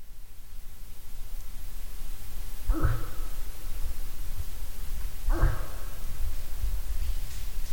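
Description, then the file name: Moose giving two short, low, hoarse grunts a few seconds apart, each a brief burst over a steady low rumbling background. "hirvi lauri hallikainen"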